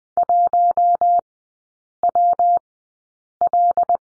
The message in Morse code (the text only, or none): 1WL